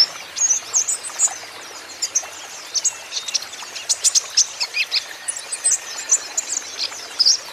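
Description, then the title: Van Hasselt's sunbird singing a steady stream of sharp, very high-pitched chirps and twitters, delivered rapidly and almost without pause. Green-plumaged (ijoan) kolibri ninja (konin) in constant 'gacor' song, used as a lure and therapy for untrained konin, which are sure to answer. "KOLIBRI NINJA KONIN IJOAN GACOR COCOK UNTUK PANCINGAN TERAPI KONIN BAHAN PASTI NYAUT"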